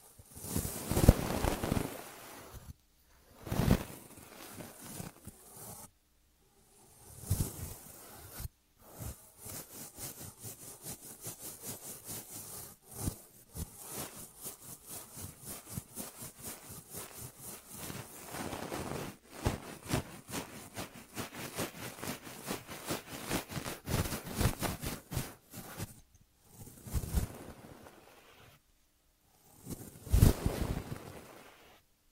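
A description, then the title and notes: ASMR ear treatment sounds: crisp, crackling rustles and rapid clicking that come in bursts, separated by brief silences. A long stretch of dense, fast crackle runs through the middle, and louder crunchy bursts return near the end. ASMR 3D Brain Penetrating Ear Treatment.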